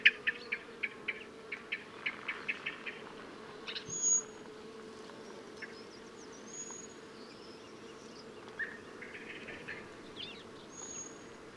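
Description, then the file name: Common blackbird calls: a quick run of sharp chinking notes, then a few thin high whistles above a steady low hum. "Turdus merula"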